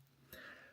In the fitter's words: That's magnetically snaps back in position.